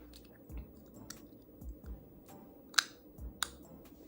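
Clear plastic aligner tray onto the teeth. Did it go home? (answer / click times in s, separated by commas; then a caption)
yes / 2.8 s, 3.4 s. After being cleaned, clear plastic teeth aligner trays are pressed back onto the teeth, with soft, low, wet mouth sounds in the background. Two sharp, short clicks at 2.8 s and 3.4 s mark the trays snapping into place, and they are seated.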